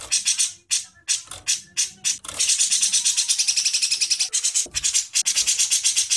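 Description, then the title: Bird chatter in broken harsh notes that merge into a long scratchy rapid rattle, pausing briefly before resuming. Training recording played to teach songbirds. "Suara masteran Burung"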